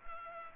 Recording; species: mosquito wingbeat signal from an infrared sensor; Culex pipiens